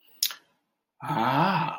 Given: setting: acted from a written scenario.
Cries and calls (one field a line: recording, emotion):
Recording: vocal sound without words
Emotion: realization